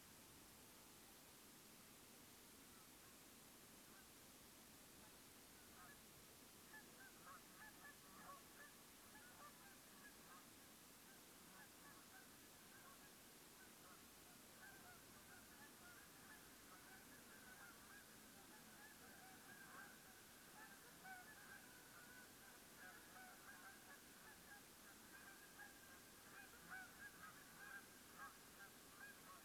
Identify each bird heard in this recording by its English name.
Canada Goose